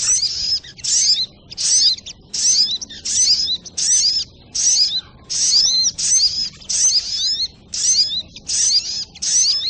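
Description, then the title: Little spiderhunter song with regular short bursts of high, piercing twitters and whistles, repeated roughly every 0.7 seconds throughout. Masteran training recording, labelled Labaik. "Masteran Burung Sogok Ontong Labaik"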